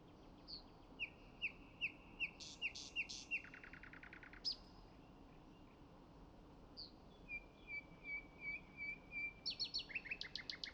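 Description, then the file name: Common nightingale song: soft whistled notes, a fast run of repeated chirps, a dry rattle, then a long series of even whistles rising into quick repeated notes, over steady low background hiss. "Luscinia megarhynchos"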